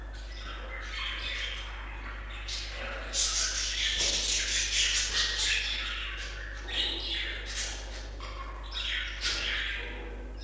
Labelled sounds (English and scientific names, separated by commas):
Budgerigar (Melopsittacus undulatus) call